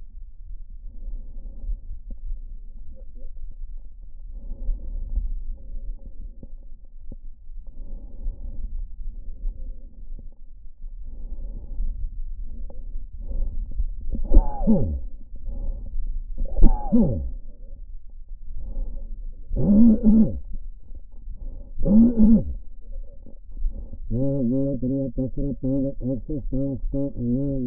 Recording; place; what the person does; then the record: lung sounds by stethoscope; right anterior apical chest; quiet breathing, then cough and speech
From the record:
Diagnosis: pulmonary infection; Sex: male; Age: 54 years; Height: 187 cm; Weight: 95 kg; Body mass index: 27.2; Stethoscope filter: diaphragm mode